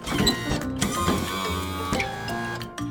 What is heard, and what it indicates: It's a wheelchair that's moved by a motor. There's often a joystick or a controller on the arm of the chair, and the person sitting in the chair uses it to steer where they're going.